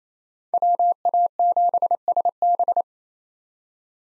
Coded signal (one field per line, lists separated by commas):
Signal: Morse code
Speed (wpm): 28 wpm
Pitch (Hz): 700 Hz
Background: none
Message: WA7SB